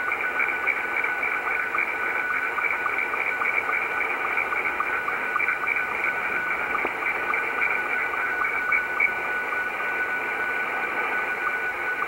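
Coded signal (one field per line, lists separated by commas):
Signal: SSTV (slow-scan television)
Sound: warbling tones shifting in pitch under hiss, with regular short low sync blips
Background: radio static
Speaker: this is uh R3 na which is a Russian amateur radio operator and what you're seeing here is what we call slow scan television so I'm decoding his signal sending a cqd x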